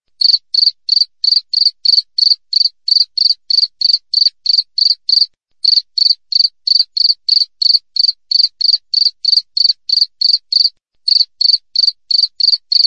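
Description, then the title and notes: Cricket chirps, crisp and evenly paced, about three per second, interrupted by two short gaps; silent background. Clear natural cricket chirping with tight spacing, used as a tutor recording for training songbirds and for repelling rats. "Masteran Jangkrik Alam Jernih, Jeda Rapat Cocok Untuk Masteran Burung Dan Mengusir Tikus. suara jangkrik"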